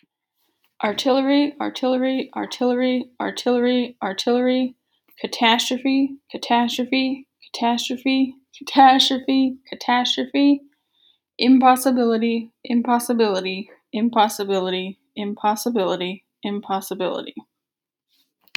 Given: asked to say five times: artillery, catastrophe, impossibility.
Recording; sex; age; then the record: three words, each repeated; female; 30 to 39 years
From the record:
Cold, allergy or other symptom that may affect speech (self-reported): no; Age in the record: 37 years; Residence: United States